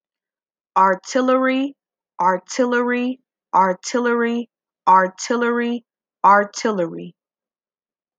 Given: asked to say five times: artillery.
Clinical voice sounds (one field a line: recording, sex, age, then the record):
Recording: repeated word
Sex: female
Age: 20 to 29 years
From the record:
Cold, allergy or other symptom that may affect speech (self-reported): no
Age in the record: 22 years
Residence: Michigan, United States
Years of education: 12